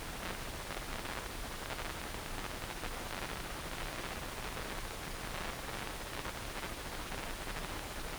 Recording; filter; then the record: brain microelectrode recording played as sound; wide band, above 20 Hz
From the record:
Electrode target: subthalamic nucleus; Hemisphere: right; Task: reaching with the left hand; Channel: 1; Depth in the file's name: 1.506 mm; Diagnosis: Parkinson's disease